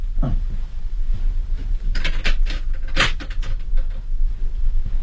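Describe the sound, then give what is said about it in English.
A door is pushed shut with a dull thud, followed by a cluster of sharp metallic clicks and rattles as the lock is turned, all over a steady low hum. “Lock the door.”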